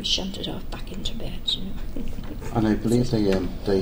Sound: laughs